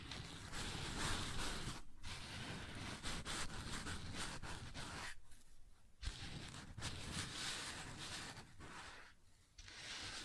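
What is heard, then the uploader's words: Continuous rough rubbing and scraping across a wooden surface, dense and gritty, with brief pauses near two, five and nine seconds. ASMR Sounds on Wooden Surface (No Talking).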